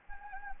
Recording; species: mosquito wingbeat signal from an infrared sensor; Anopheles gambiae